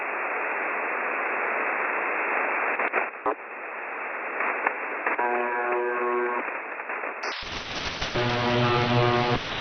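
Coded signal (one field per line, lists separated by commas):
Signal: channel marker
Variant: UVB-76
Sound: shortwave hiss with two coarse, low buzzes about a second long each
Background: radio static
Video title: UVB-76 Buzzing sound on 4625 Khz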